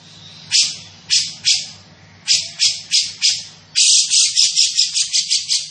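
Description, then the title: Grey-cheeked bulbul making spaced rasping notes that speed into a dense, rapid rattle toward the end. Bird vocalising actively and persistently (gacor), with a dense and clear voice. "Cucak Jenggot Gacor, Suara Rapat Dan Jernih"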